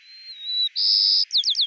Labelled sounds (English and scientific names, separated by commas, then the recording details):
White-crowned Sparrow (Zonotrichia leucophrys) song
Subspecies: nuttalli
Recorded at Gualala, California, in 2014
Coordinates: 38.758, -123.528
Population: north
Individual GUA_male5_14